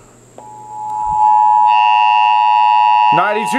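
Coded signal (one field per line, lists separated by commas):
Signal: Emergency Alert System (SAME) tones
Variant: 853 and 960 Hz attention tone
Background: speech, music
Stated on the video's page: National EAS test; the alert tone precedes the test message.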